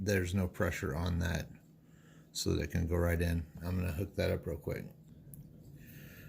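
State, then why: Seated. A small metal C-clip (C-clamp) is refitted onto the ball differential of a Mini-Z mini RC car, with the pressure screw backed off so it can go straight in. Someone talks, then one sharp click is heard at 5.3 s as the clip snaps back into place, seated.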